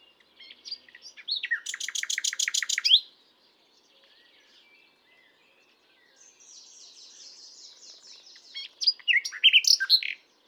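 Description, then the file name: Common nightingale singing a loud, fast series of repeated throbbing notes, then soft scratchy warbling, ending with a bright burst of sharp notes. "Luscinia megarhynchos"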